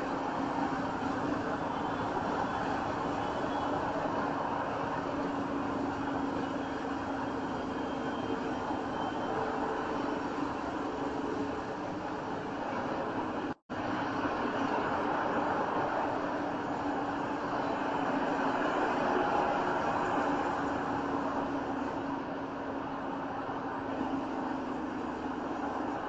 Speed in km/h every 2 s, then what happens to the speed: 101, 98, 98, 93, 90, 89, 87, 85, 81, 77, 72, 71, 69.
0-26 slows to 69.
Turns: none.